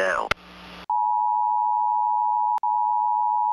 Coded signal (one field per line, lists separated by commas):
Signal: Emergency Alert System (SAME) tones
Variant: 853 and 960 Hz attention tone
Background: speech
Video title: EAS YTP - The Wrath of Martin Greene